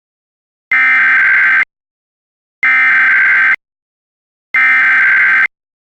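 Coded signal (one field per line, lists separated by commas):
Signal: Emergency Alert System (SAME) tones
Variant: header bursts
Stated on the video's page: Recreation of a Required Monthly Test for South Carolina made with valid EAS tones.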